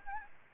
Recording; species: mosquito wingbeat signal from an infrared sensor; Anopheles gambiae